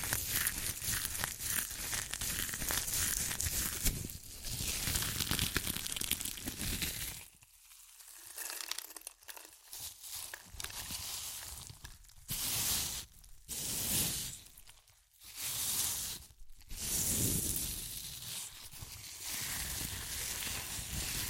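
Crinkly chip bag rustling and crunchy crushing fill the first seven seconds, then come in bursts separated by short quiet gaps.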